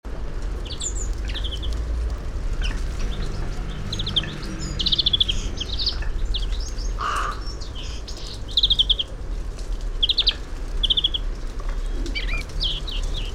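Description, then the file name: European greenfinch giving many short chirps and buzzy notes over steady low background noise. "Chloris chloris"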